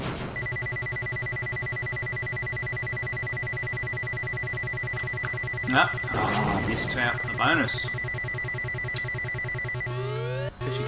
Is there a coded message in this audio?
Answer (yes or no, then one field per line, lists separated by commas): no